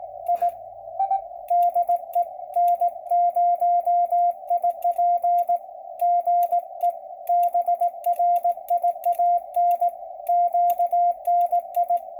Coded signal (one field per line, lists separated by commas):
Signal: Morse code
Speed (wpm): 18 wpm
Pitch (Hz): 700 Hz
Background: radio noise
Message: I DE N0IP GE BRIAN QNI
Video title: Minnesota Section Net, 10/26/2020 (Morse Code)